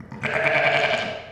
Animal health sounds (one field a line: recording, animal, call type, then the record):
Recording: contact call of a hoofed animal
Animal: sheep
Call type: low-frequency (closed-mouth) or high-frequency (open-mouth) call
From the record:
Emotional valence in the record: positive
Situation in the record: reunion with pen mate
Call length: 1.32 s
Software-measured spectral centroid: 2020 Hz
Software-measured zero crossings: 2630 a second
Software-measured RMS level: -23 dBFS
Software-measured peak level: -5 dBFS